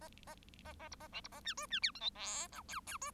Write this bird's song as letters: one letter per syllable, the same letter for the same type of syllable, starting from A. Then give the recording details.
A A A A B A C B A D E D F G H I J K K E. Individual Bird1